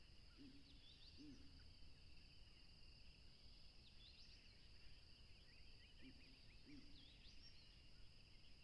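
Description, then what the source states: Continuous high cricket trilling, with bird twitters and pairs of low hooting notes near the start and again around six seconds, over low rumble. Tropical river setting, with a plane passing.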